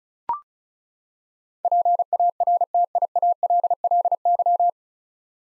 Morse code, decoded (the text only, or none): PARTIALLY